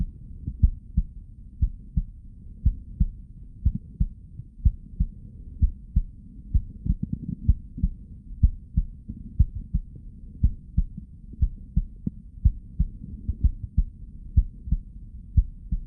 Stethoscope chest heart heartbeat blood flow.